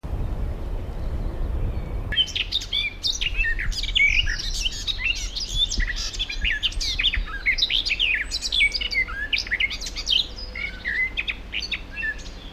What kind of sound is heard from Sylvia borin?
song